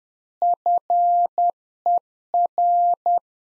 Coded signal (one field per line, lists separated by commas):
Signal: Morse code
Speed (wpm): 10 wpm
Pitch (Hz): 700 Hz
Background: none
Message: FER